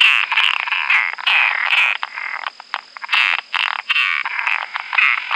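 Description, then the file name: Latouche's frog giving quick repeated rasping bursts, with a steady high whine in the background. "Rana latouchtii"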